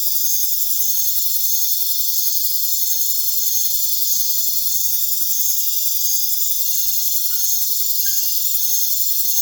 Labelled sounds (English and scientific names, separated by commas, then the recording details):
none
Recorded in pastures near Puerto Asís, Putumayo, Colombia, on 22 June 2025 at 20:30
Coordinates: 0.466, -76.322
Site GP07